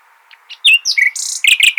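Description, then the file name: Common nightingale song fragment: quick whistled notes followed by a high buzzy trill and sharp chirps. "Luscinia megarhynchos"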